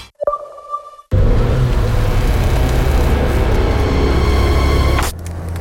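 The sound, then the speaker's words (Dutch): A sharp, glassy tick rings briefly as a stone chip strikes a car windscreen and leaves a small star-shaped chip, followed by a loud, steady roar of a car driving on the road that cuts off near the end. “Auw, dat is een sterretje.”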